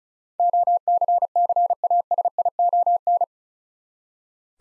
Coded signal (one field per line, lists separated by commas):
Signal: Morse code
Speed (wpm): 34 wpm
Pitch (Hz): 700 Hz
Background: none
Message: OCCASION